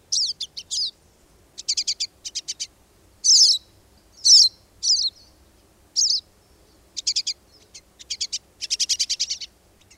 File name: Pine Siskin